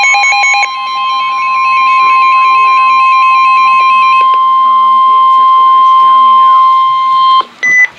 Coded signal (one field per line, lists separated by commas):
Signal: Emergency Alert System (SAME) tones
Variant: 1050 Hz attention tone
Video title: NOAA - Severe Thunderstorm Warning (EAS #1,152)